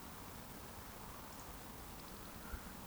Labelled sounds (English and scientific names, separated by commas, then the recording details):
Eurasian Woodcock (Scolopax rusticola) whistle
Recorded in Baden-Württemberg, Germany, on 13 June 2020 at 20:33 UTC
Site 14569, 102 m above sea level